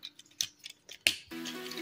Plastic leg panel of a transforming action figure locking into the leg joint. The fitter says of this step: and that clicks into place which is nice